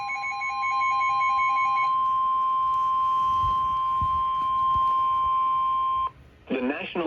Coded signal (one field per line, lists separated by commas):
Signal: Emergency Alert System (SAME) tones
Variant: 1050 Hz attention tone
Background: speech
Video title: (EAS #112) Flash Flood Warning